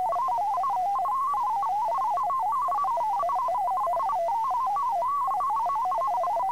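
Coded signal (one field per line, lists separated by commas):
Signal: multi-tone FSK (Olivia or MFSK type)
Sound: continuous rapid warbling tone hopping between pitches near 1 kHz, with faint steady whine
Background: faint steady tone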